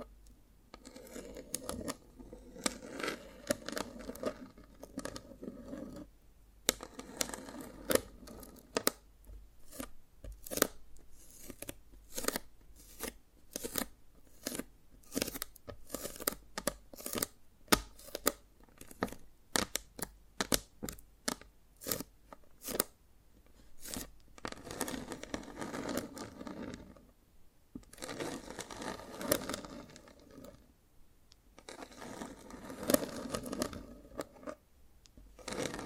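Dalgona candy is tapped and cracked in quick, sharp clicks that come in dense bursts, thickest between about 8 and 24 seconds. Softer scraping and crinkling fill the gaps, with brief quiet pauses near 6, 27 and 31 seconds.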